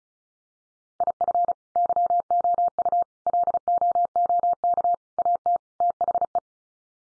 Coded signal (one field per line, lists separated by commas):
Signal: Morse code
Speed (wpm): 34 wpm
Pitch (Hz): 700 Hz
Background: none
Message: IF YOU LOOK AT THE